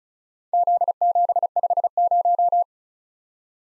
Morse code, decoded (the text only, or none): Z750